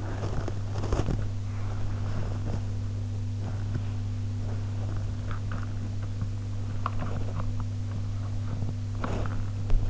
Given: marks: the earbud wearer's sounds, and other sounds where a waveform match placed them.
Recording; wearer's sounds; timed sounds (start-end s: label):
sounds in sleep by an in-ear microphone; body movement
0.00-2.91 s: body movement
6.84-7.76 s: sound from someone else or the room